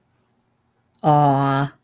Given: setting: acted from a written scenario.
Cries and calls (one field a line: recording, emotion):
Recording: vocal sound without words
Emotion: sadness